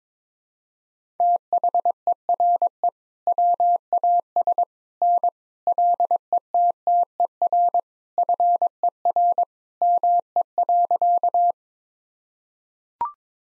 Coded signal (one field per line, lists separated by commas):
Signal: Morse code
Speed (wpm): 22 wpm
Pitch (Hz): 700 Hz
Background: none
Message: THERE WAS N LETTER FER ME.